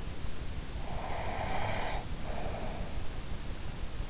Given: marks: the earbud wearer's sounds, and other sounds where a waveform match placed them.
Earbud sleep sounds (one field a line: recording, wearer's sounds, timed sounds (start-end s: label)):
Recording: sounds in sleep by an in-ear microphone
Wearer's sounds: breath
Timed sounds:
0.78-3.32 s: breath